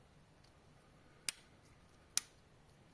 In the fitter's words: tourner un peu les pignons pour que ça s'emboîte. Tac, voilà, tout est mis.